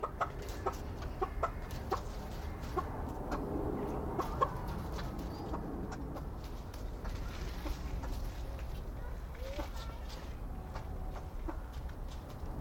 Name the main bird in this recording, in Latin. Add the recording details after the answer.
Pucrasia macrolopha. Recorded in captivity. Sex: female. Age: adult. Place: Tierpark Berlin, Berlin, DE. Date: 1992-10-31 13:50. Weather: heiter, 6°C. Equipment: Marantz CP 430, Sennheiser ME 80, Kopie Tesla B 116. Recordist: Tembrock, Günter. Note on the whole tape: Folge von Kurzlauten des Weibchens